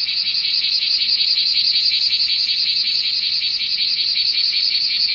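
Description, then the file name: Bear cicada calling in a loud, rasping drone, rapidly pulsed and even in volume for the whole stretch, with no other clear sounds. "クマゼミ"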